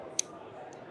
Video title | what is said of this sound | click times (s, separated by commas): I Found The Most Amazing NEW Tools at Europe's BIGGEST Tool Fair! | So a lovely little mechanism on that, and it clicks in there, really nice, satisfying click. | 0.2 s